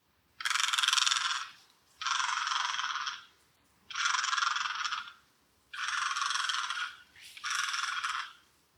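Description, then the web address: Great egret uttering five long, harsh rasping croaks, each lasting about a second, with short silent gaps between them. "daisagi"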